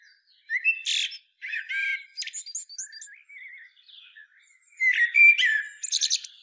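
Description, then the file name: Common blackbird singing mellow warbled notes mixed with sharp high squeaks and twitters, loudest toward the end. "Turdus merula"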